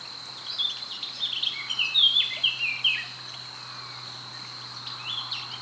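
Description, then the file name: Eurasian blackcap song: a brisk warbled phrase of quick rising and falling notes, with a constant thin high whine behind it. "Sylvia atricapilla"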